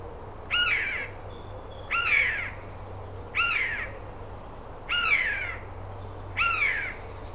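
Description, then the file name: Eurasian jay uttering five harsh, tearing screeches at fairly regular intervals of about one and a half seconds, with a faint low hum behind. "Garrulus glandarius"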